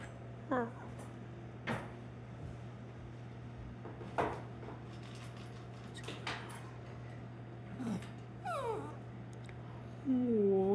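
Dog whining, several short high whimpers that slide downward in pitch, spread throughout with a louder drawn-out whine at the end, plus occasional sharp knocks and a steady low hum.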